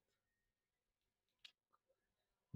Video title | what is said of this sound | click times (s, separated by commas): MCFARLANE DC MULTIVERSE PLASTIC MAN COLLECT TO BUILD WAVE ACTION FIGURE BUILD AND REVIEW | okay nice click | 1.4 s